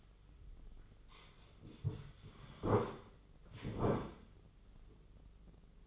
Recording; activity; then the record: daily activity, microphone in the room; sit down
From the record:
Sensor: 4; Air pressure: 996.8 hPa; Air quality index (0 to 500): 240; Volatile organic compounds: 337 ppm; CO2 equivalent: 4558 ppm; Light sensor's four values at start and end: 44/109/45/44 and 44/109/45/44